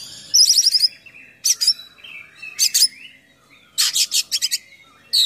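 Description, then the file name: Oriental magpie-robin song: buzzy trilled bursts alternating with soft slurred whistles, separated by short pauses. Full song with many imitated phrases (gacor, full isian), described as luxurious. "KACER GACOR FULL ISIAN MEWAH"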